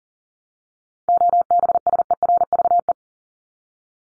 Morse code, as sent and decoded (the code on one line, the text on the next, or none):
--- -... ... . .-. ...- .
OBSERVE